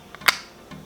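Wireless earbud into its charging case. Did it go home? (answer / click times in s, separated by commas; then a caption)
yes / 0.3 s. A Beats Fit Pro wireless earbud is dropped into its plastic charging case, and its very strong magnets pull it into its slot. A faint tick comes at 0.1 s, then a sharp, bright snap at 0.3 s as the earbud seats, followed by a soft low knock at 0.7 s. The earbud is held firmly in place in the case.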